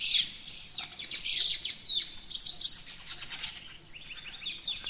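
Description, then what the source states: Birds: busy chorus of dense high chirps and twitters. Dawn chorus of rainforest birds, Gran Sabana, Venezuela.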